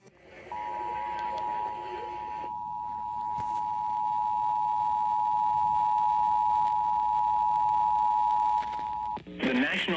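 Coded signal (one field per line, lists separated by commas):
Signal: Emergency Alert System (SAME) tones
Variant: 853 and 960 Hz attention tone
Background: speech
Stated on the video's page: Real EAS weather alerts during a severe weather outbreak, caught from six different stations.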